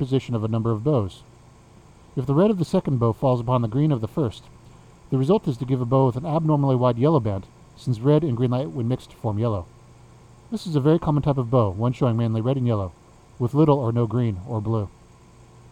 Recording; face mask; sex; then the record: reading aloud; surgical mask; male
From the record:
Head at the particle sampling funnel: facing it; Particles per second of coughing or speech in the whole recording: 0.235